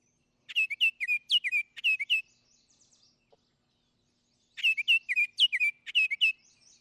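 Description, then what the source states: Baltimore Oriole song: clear, sharp whistled phrases in a quick, varied run of notes, repeated twice with a pause between, ending in soft trailing chatter. Song with much variation; clear voice, sharper than a robin's, upbeat and cheerful, with real carrying power.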